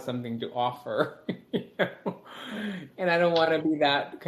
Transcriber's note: chuckles